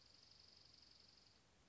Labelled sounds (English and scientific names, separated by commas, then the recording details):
Dark-eyed Junco (Junco hyemalis)
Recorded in Sonoma County, California